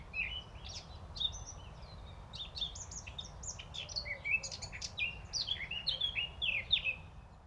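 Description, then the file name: Eurasian blackcap singing a continuous rapid warble of varied high notes over low rumbling background noise. "Sylvia atricapilla"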